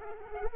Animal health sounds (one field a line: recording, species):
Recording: mosquito wingbeat signal from an infrared sensor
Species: Culex quinquefasciatus